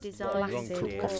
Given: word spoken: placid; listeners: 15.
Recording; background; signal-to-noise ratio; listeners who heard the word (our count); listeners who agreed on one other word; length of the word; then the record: one English word in noise, from a listening test; four-talker babble; -2.8 dB; 2 of 15; 8 of 15; 0.80 s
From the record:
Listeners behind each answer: 8, 3, 2, 1, 1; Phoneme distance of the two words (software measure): 55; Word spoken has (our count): 2 syllables, 6 phonemes, stress on syllable 1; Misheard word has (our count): 2 syllables, 5 phonemes, stress on syllable 2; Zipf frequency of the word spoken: 2.95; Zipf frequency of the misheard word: 4.76